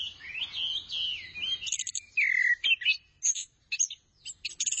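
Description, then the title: Thrush song opening with a wavering whistle that rises and falls, then sharp high chirps and clipped notes in short, spaced bursts. "burung anis x"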